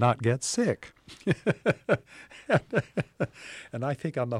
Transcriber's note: laughter